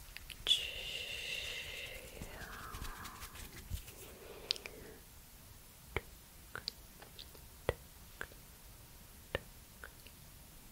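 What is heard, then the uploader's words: Hand sounds: for the first five seconds, a soft, rubbing swish that slides from bright to lower. Then the rubbing stops and sharp little taps and clicks follow, spaced about a second apart. ASMR Hand Sounds And Hand Movements.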